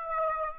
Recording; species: mosquito wingbeat signal from an infrared sensor; Aedes aegypti